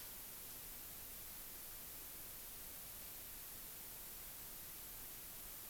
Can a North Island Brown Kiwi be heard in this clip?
no